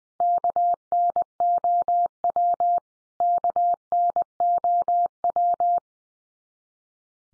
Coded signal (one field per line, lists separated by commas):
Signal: Morse code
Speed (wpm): 20 wpm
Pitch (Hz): 700 Hz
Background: none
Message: KNOW KNOW